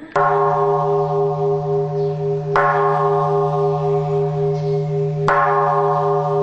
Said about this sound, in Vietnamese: Trước tiên chúng tôi xin mời các vị thành viên trong ban nghi lễ quan hệ cử ba hồi chuông.